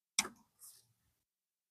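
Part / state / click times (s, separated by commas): wire harness connector onto ignition coil / seated / 0.2 s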